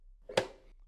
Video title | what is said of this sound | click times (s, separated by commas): The 8-Bay Reversible Frame by Theatrixx | there's also a magnetic strip in the frame to lock the cards in it does give that satisfying click sound | 0.4 s